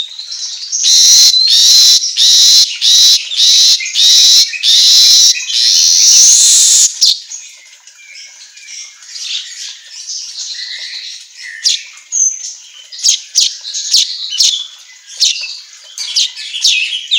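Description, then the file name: Weaver song: a run of loud harsh wheezy bursts, then softer scratchy chips, whistles and buzzy phrases in a busy high chatter. Song recording meant for training songbirds, labelled 'auto gacor'. "Suara Kicau Manyar Kepala Emas Auto Gacor"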